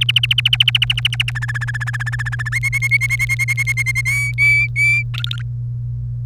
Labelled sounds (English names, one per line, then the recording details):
Domestic Canary song
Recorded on 1 May 2018 at 17:12
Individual llb3